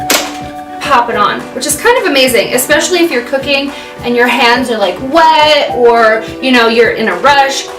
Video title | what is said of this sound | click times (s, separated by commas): UNBOXING: the KitchenAid 7 Cup Food Processor that chops, slices, purees, & shreds! | clicks into place so you have this little nubbin right here that goes to your handle and you just pop | 0.1 s